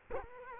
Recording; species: mosquito wingbeat signal from an infrared sensor; Culex quinquefasciatus